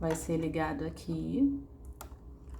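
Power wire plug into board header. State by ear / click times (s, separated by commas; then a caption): seated / 2.0 s. A power-supply cable's plastic plug is pushed into its header on the board of an HY320 projector while someone talks. A sharp click at 2.0 s marks the connector seating. It must be seated well, or the board and projector won't power on.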